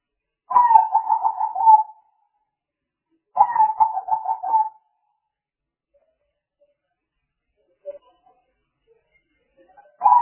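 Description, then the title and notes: Spotted dove delivering two rolling, pulsed coo phrases close together, then a long silence before another phrase begins. Spotted dove calls used as a lure (pikat) to attract the birds. "Pikat Burung Tekukur. suara burung tekukur"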